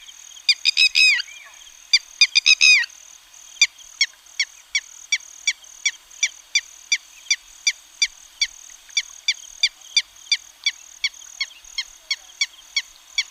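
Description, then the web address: Red-wattled lapwing giving loud strident calls, then a long steady series of short sharp notes, with a faint steady high tone throughout. "Schulze Peter Red-wattled Lapwing calls"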